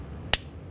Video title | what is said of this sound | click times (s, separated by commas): How to Replace Seat Switch 2006-2012 Ford Fusion | press it in listen for a click give it a little tug to make sure it's completely secure | 0.3 s